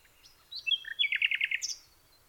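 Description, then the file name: Common nightingale song: soft whistled notes leading into a rapid run of repeated chirps, ending on a high note. "nachtegaal"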